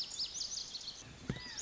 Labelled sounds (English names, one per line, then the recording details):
Lazuli Bunting
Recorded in Sonoma County, California